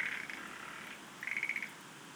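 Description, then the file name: Schlegel's green tree frog giving a brief rapid pulsed trill after a softer fading call, against steady background hiss. "rodolphe alexis - rhacophorus schlegelii"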